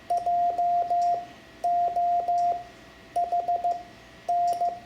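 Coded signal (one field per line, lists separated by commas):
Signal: Morse code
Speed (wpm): 15 wpm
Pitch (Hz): 700 Hz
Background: none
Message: JOHN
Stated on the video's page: Morse lesson teaching letters X to Z for amateur radio learners, self-taught method.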